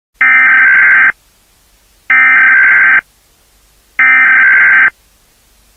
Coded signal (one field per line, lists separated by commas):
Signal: Emergency Alert System (SAME) tones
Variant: header bursts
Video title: Nuclear Attack (Part 1) I EAS Scenario I